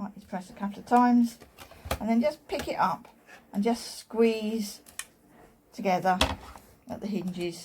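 The hinged cap of a mini paper guillotine is picked up and squeezed together by hand while someone talks, with faint handling noises under the voice. The clip ends before the hinges snap into place, so nothing has seated or clicked yet.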